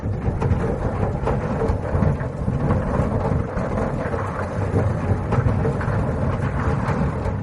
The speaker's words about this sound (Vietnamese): Trong đám tinh thể quái dị này, có một bóng người màu đen to lớn, chập chờn chuyển động ở sâu bên trong, phát ra những chuỗi tiếng nổ trầm đục như sấm.